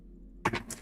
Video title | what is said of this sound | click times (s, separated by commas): Haute42 Full Line Up Comparison Aug 2025 Q&A & Play Some ... | Boom. Exact same thing. Like it locks in place. | 0.5 s